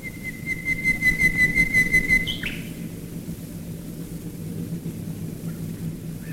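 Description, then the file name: Common nightingale holding a long, pure pulsing whistle that swells in volume, then breaks off with a short drop, over a faint low drone. Nightingales singing while bombers fly over, recorded in 1942. "nightingales and bombers 1942"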